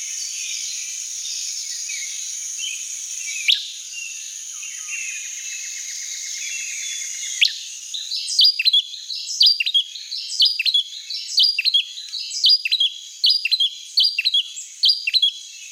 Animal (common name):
Riverside Wren